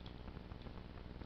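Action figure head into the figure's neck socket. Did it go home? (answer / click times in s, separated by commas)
no / none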